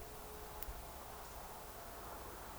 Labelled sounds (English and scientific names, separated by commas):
Eurasian Woodcock (Scolopax rusticola) whistle